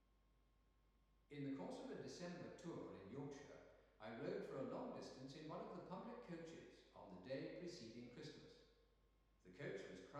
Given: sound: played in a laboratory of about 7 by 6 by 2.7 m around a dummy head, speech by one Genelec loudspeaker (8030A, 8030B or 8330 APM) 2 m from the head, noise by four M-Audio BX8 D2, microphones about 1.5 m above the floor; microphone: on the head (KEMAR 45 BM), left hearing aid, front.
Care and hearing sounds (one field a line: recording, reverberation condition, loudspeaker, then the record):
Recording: male speech in English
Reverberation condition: high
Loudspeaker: behind (180 degrees)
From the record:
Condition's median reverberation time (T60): about 1300 ms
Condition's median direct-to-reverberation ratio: about -4.0 dB